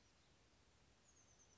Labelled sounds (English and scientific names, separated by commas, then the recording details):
Oak Titmouse (Baeolophus inornatus)
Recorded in Sonoma County, California